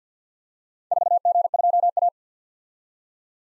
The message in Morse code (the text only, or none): 4G2A